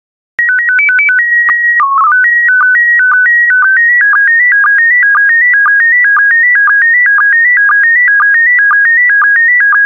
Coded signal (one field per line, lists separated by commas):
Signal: SSTV (slow-scan television)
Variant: PD 120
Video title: 70069 Hawks and Falcons SSTV PD120